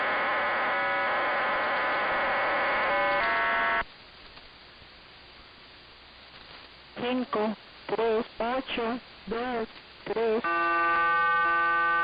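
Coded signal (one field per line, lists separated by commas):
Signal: numbers station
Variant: HM01, Spanish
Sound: buzzy multi-tone data, pause of static, about six short spoken words, data tones return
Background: radio static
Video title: 27 12 2021 Cuban Spy Number HM01 in Spanish 0628 on 10345 Bejucal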